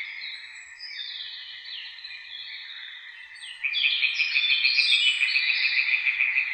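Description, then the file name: European tree frog calls: a softer blurred chorus at first, then a loud fast run of regular rasping croaks takes over for the final three seconds. Several tree frogs calling at Witteveen, Netherlands. "Boomkikkers bij Witteveen - luc de bruijn"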